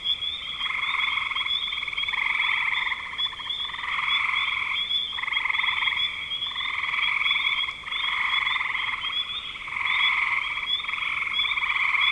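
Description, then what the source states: Frogs trilling in a chorus, repeated pulsed bouts with small gaps, over an unbroken high-pitched tone. Recorded in spring 2025.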